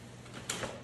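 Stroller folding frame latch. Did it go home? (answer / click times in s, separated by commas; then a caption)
yes / 0.5 s. A stroller's folding frame is unfolded by pulling its top and bottom bars up until the fold latch snaps shut with a sharp click at 0.5 s, followed by a softer rattle. The frame clicks open into place and the handlebar is clicked into place.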